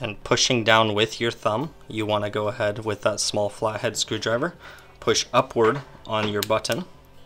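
Someone talks while a Fitbit Charge HR tracker housing is pressed back into a new silicone wristband, a thumb pushing it down while a small flat-head screwdriver pushes upward on the button. The clip ends before the housing snaps in, so nothing has seated or clicked yet.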